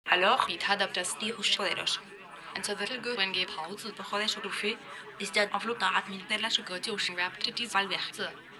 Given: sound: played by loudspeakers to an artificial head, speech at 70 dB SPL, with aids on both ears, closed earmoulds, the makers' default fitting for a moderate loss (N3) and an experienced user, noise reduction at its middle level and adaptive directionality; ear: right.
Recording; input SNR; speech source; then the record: speech test signal (ISTS) in cocktail-party noise; +6 dB; on the right (90 degrees)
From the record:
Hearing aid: class 1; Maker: E